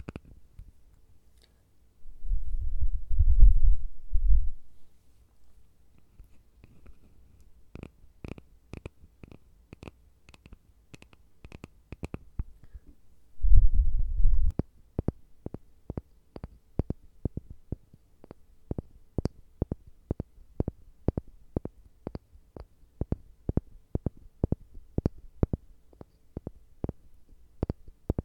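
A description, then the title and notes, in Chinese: Light, soft tapping sounds, arriving as sharp clicks in uneven bursts that grow denser and steadier over the second half. Two brief spells of low, muffled rumbling intrude around three and fourteen seconds, with a faint hum underneath. 轻微敲击声。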